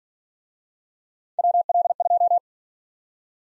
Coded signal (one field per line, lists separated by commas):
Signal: Morse code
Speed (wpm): 50 wpm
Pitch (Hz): 700 Hz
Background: none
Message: WL2